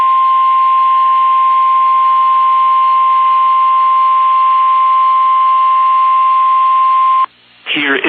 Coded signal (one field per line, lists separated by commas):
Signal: Emergency Alert System (SAME) tones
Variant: 1050 Hz attention tone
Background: speech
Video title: Severe Thunderstorm Warning on 95.1 KXEI-FM Havre, MT (8/4/22) (EAS #1,443)